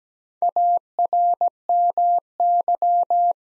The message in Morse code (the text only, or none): ARMY